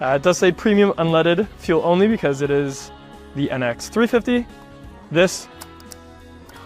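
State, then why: Torque reached. Someone talks over background music while screwing the plastic fuel filler cap of a Lexus NX 350 back into the car's fuel filler neck. The cap's ratchet gives a sharp click at 5.9 s, and the cap is confirmed clicked tight.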